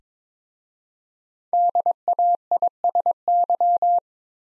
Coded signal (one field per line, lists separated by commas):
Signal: Morse code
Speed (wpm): 22 wpm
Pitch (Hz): 700 Hz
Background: none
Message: DAISY